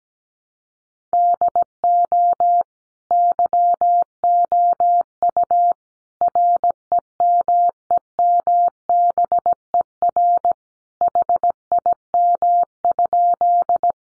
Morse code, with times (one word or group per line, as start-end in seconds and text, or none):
1.1-2.6 DO
3.1-5.7 YOU
6.2-10.5 REMEMBER
11.0-13.9 HIM?